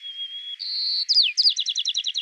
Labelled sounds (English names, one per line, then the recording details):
White-crowned Sparrow song
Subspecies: nuttalli
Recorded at Lobos Dunes, California, in 2014
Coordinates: 37.788, -122.475
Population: north
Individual LODU_WS-KM_14